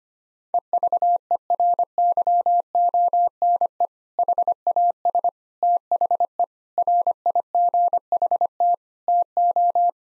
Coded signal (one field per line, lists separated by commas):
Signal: Morse code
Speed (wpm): 25 wpm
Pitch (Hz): 700 Hz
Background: none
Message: EVERYONE HAS THE RIGHT TO